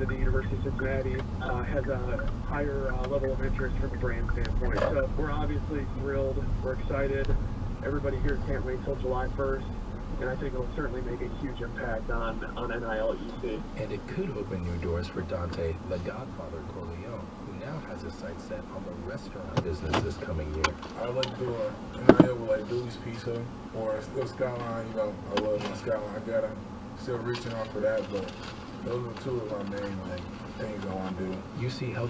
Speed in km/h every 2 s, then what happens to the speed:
15, 8, 8, 10, 6, 0, 0, 0, 0, 0, 0, 0, 0, 0, 0, 0.
0-2 brakes to 8. 2-7 steady at about 8. 7-9 brakes to 0. 9-32 standing.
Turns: none.